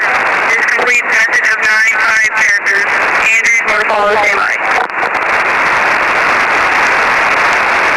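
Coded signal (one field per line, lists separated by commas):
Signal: coded military voice message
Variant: Emergency Action Message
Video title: 13200 USB - EAS - Emergency Action Message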